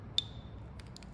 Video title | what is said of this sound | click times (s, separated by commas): How to Replace the AMP Connector on a TravelScoot Mobility Scooter Controller – Step-by-Step Guide | Wait for the audible click. | 0.2 s